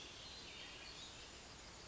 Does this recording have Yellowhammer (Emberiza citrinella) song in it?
no